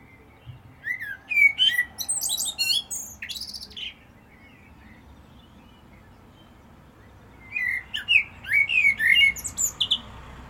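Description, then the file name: Common blackbird song: two phrases several seconds apart, each opening with low, mellow whistles and breaking into high, rapid twittering. "Turdus merula"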